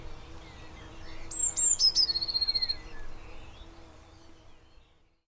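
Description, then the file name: Eurasian blue tit singing: two or three high thin notes followed by a fast, lower trill lasting about a second, with faint chirps from other birds behind. "Cyanistes caeruleus"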